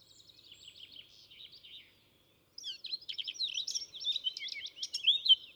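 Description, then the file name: Eurasian blackcap song: a soft chattering warble, a brief pause, then a loud, rich burst of fast varied notes and whistles. "Sylvia atricapilla"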